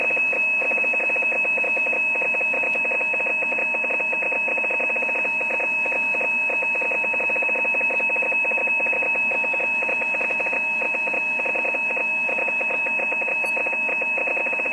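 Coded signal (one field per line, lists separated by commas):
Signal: PSK31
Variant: overdriven station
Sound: steady high warbling tone with harsh rapid clicking buzz spread across the band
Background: radio static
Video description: .. all the others cant't hear each other no more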